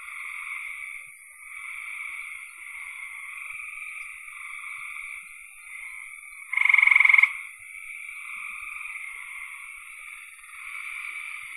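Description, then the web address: Frog chorus humming steadily, with a single louder pulsed trill breaking through midway. "cn frogs"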